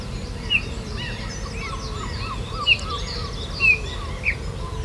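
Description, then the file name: Eurasian bullfinch calls, four soft whistled notes, one drawn-out and falling, over low steady background noise. "Pyrrhula pyrrhula"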